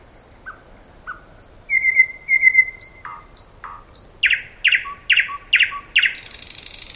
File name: thrush nightingale